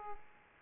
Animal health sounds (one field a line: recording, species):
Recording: mosquito wingbeat signal from an infrared sensor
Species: Aedes aegypti